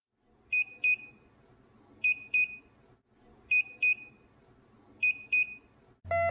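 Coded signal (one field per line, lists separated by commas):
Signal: none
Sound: microwave beeps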